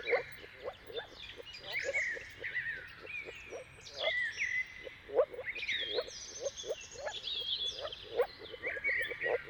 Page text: Jakub-Orzecki moor frogs. Dawn’s Chorus: Mating Calls of Marsh Frogs at Sunrise - wp.earth.fm. Depending on the weather at the turn of March and April, you can witness an amazing spectacle of moor frogs